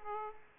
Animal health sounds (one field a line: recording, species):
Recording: mosquito wingbeat signal from an infrared sensor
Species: Aedes aegypti